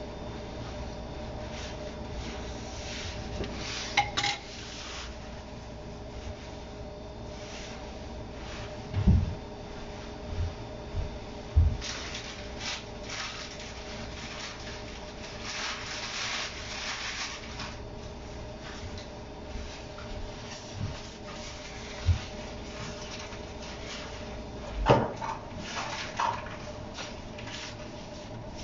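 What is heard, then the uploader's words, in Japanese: Kitchen noises while someone makes a sake-lees pickling bed: a low, steady hum under scattered rubbing, scraping and soft handling sounds. Sharper knocks and clinks stand out near 4, 9, 12, 22 and 25 seconds, with busier bright scraping between about 13 and 20 seconds. キッチンでの物音。粕漬けを作るための粕床を作っています。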